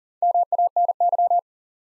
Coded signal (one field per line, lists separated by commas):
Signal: Morse code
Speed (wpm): 37 wpm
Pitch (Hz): 700 Hz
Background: none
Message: MANY